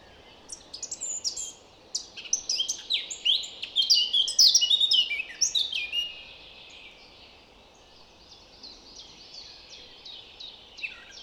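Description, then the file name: Eurasian blackcap song: a lively burst of quick, sharp, high warbled notes peaking midway. It fades into sparse soft twitters, over a low background hiss. "Sylvia atricapilla"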